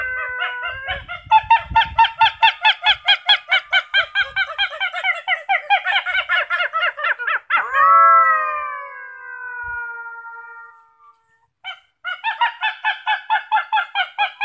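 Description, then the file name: Wolf: a long run of rapid yelps with wavering howling, then a howl that drops steeply and trails off, a brief pause, then more yelping. Thailand. "tieng cho soi thai lan keu"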